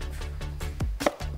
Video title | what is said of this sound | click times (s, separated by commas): Diffusor für das BMW 3er E36 CoupéㅣCSR-Automotive | klack habt ihr das gehört klack so muss es sein das passt nämlich jetzt richtig geil | 1.1 s